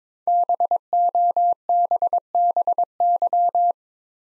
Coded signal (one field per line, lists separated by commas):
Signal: Morse code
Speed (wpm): 22 wpm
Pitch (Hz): 700 Hz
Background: none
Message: BOBBY